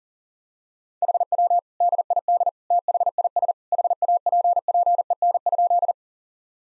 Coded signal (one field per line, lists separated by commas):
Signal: Morse code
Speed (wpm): 40 wpm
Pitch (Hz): 700 Hz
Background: none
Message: HW DID THIS HAPPEN?